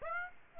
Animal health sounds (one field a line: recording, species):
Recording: mosquito wingbeat signal from an infrared sensor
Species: Aedes aegypti